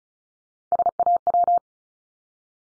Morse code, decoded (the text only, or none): SAW